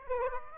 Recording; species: mosquito wingbeat signal from an infrared sensor; Aedes aegypti